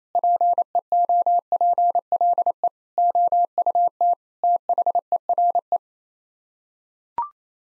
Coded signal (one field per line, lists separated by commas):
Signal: Morse code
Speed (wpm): 28 wpm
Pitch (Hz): 700 Hz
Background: none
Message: PEOPLE OUT THERE